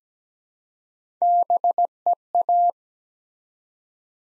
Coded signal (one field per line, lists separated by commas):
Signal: Morse code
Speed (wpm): 17 wpm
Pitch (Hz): 700 Hz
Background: none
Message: BEA